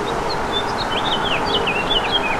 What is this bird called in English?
House Finch